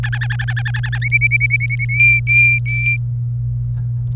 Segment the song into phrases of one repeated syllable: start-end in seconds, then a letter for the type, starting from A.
0.03-0.98 A, 1.02-1.85 B, 1.89-2.96 C